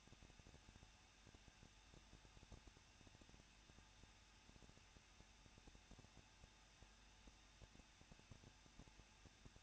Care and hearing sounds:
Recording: daily activity, microphone in the room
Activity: no activity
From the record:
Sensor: 2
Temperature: 21.0 degrees Celsius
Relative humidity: 37.5%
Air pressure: 1006.3 hPa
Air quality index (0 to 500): 223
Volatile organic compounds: 25 ppm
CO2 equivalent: 2830 ppm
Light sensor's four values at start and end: 2/3/2/2 and 2/3/2/2

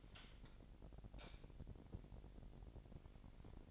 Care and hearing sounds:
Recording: daily activity, microphone in the room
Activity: light on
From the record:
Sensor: 5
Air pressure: 1012.0 hPa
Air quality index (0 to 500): 249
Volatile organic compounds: 5 ppm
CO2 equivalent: 1720 ppm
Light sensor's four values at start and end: 41/96/40/42 and 42/101/42/45

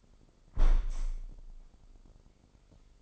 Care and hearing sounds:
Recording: daily activity, microphone in the room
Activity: close window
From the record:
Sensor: 5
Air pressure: 995.8 hPa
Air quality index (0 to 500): 95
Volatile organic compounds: 5 ppm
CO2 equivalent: 1806 ppm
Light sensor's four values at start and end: 40/97/39/40 and 40/97/39/40

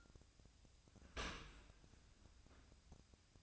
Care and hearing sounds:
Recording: daily activity, microphone in the room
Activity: open dishwasher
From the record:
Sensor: 2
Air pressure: 1003.0 hPa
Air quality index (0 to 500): 199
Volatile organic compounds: 6 ppm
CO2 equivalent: 1890 ppm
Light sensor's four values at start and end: 14/34/15/16 and 14/34/15/16

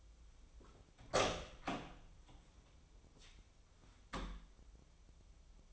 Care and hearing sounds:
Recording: daily activity, microphone in the room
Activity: open door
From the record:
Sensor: 1

